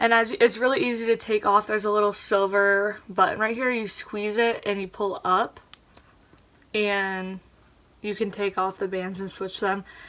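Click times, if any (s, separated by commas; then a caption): 6.0 s. Someone talks while squeezing a small silver release button on a black plastic Fitbit HR fitness tracker band and pulling the band up off the tracker body. A sharp click is heard at 6.0 s, followed by a few faint taps, and the band comes free of the tracker.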